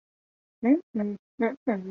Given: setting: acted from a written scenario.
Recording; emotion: vocal sound without words; contentment